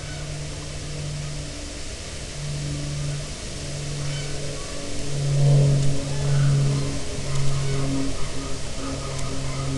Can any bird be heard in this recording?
yes